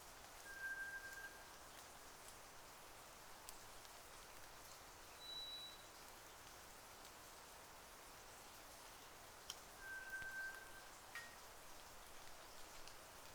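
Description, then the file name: White's thrush song: thin, drawn-out pure whistles held on one pitch, a lower note then a higher one, spaced by long silent gaps over a steady rain-like hiss. Recorded at night, 02:44, on 31 May 2009. "toratugumi-20090531-0244"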